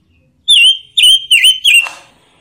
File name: robin pancawarna